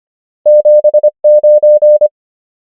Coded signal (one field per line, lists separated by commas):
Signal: Morse code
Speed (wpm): 25 wpm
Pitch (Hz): 600 Hz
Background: none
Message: 7 9